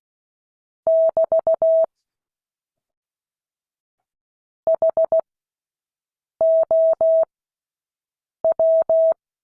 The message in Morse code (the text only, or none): <BT> HOW